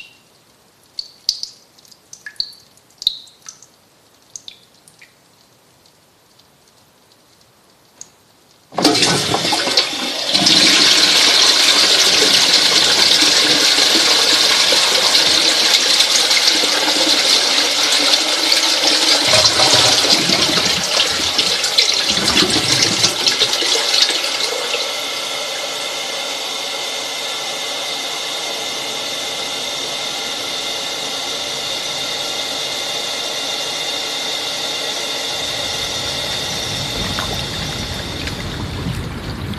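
Sparse drips sound in near silence, then at about nine seconds loud, dense rushing water bursts in, easing after twenty-five seconds into a steady flow.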